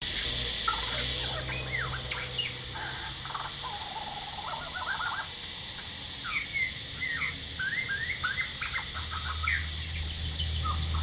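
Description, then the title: Lyrebird song, quick mixed whistles and looping notes in rapid succession, with a heavy cicada drone throughout and some low rumbling noise. Male, Horsfield Bay, New South Wales, Australia, 23 January 2017, singing vigorously outside a window by day; cicadas calling loudly. "Lyrebird - Horsfield Bay NSW, Jan 23 2017"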